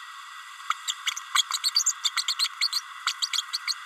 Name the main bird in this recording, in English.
Green-rumped Parrotlet